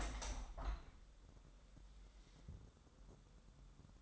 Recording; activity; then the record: daily activity, microphone in the room; open window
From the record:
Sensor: 3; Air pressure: 1000.3 hPa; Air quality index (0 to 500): 245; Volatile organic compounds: 158 ppm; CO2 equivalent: 4058 ppm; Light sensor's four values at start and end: 10/23/9/9 and 10/25/10/10